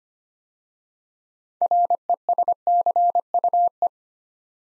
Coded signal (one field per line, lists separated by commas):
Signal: Morse code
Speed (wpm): 25 wpm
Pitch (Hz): 700 Hz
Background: none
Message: RESCUE